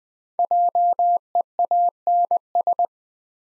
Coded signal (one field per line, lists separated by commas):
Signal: Morse code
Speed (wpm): 20 wpm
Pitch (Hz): 700 Hz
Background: none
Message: JEANS